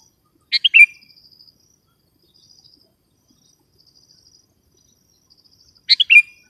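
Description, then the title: Sooty-headed bulbul gives two short, liquid phrases of quick notes several seconds apart, with a faint high insect trill between them. "kutilang"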